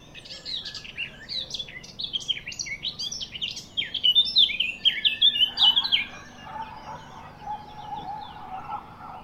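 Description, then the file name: Eurasian blackcap giving a fast, rich warble of jumbled high notes for nearly six seconds, followed by softer, lower chattering and a steady background hum. "Sylvia atricapilla"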